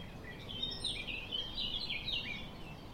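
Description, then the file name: Eurasian blackcap giving a rapid warbling phrase of varied chirps and trills, running continuously for about three seconds over steady low background noise. "Sylvia atricapilla"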